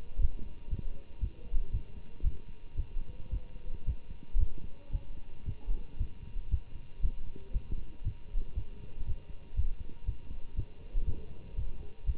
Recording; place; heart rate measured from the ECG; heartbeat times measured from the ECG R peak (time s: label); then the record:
heart sounds by stethoscope; between the tricuspid and mitral areas; 116 bpm
0.21 s: heartbeat
0.70 s: heartbeat
1.20 s: heartbeat
1.72 s: heartbeat
2.23 s: heartbeat
2.76 s: heartbeat
3.30 s: heartbeat
3.85 s: heartbeat
4.39 s: heartbeat
4.92 s: heartbeat
5.45 s: heartbeat
5.98 s: heartbeat
6.50 s: heartbeat
7.02 s: heartbeat
7.53 s: heartbeat
8.04 s: heartbeat
8.55 s: heartbeat
9.05 s: heartbeat
9.56 s: heartbeat
10.06 s: heartbeat
10.56 s: heartbeat
11.05 s: heartbeat
11.55 s: heartbeat
12.06 s: heartbeat
From the record:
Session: Bruce protocol treadmill stress test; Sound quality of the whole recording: good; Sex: male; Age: 24 years